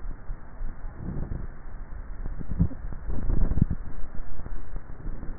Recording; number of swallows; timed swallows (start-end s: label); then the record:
swallowing sounds by neck microphone; 1
1.92-3.75 s: swallow
From the record:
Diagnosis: dysphagia